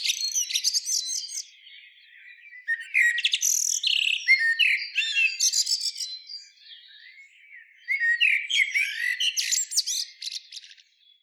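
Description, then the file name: Common blackbird giving high, scratchy twittering phrases of rapid chirps and squeaks, in bursts separated by quieter pauses. "Turdus merula"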